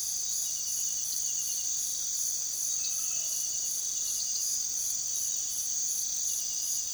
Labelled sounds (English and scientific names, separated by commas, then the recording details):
none
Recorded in pastures near Puerto Asís, Putumayo, Colombia, on 20 February 2024 at 05:30
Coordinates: 0.466, -76.323
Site G6384